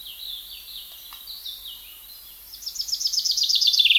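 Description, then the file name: Common chaffinch starting a song of rapid, evenly repeated bright notes in the last second and a half, after soft bird twitters; the song is cut off. "Fringilla coelebs"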